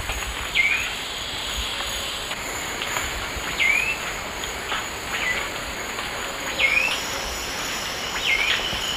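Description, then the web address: Common piping guan calling with short, thin upslurred whistles, four notes repeated roughly every two to three seconds, against a constant high-pitched hiss. Tew calls, in the eastern lowlands of South America. "S America Eastern Lowlands Pipile pipile, tew calls"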